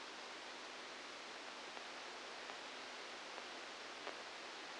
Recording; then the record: brain microelectrode recording played as sound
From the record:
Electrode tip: outside the subthalamic nucleus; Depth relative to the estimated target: -8 mm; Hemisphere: left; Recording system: NeuroSet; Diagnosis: Parkinson's disease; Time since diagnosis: 15 years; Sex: female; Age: 59 years